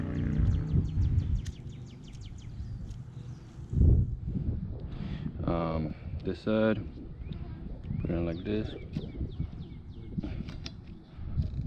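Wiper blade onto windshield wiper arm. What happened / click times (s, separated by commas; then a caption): Wiper blade handled, not yet seated on the arm / none. A new windshield wiper blade with a plastic adapter is handled and lined up with the hook of a metal wiper arm while someone talks. Short, light plastic ticks and taps come through under the voice. Nothing has seated or clicked yet: the blade is not locked onto the arm.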